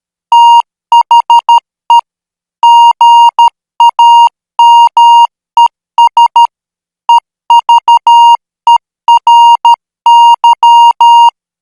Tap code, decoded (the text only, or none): none